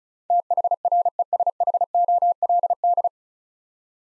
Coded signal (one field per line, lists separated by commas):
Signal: Morse code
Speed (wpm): 34 wpm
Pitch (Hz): 700 Hz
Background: none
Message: THRESHOLD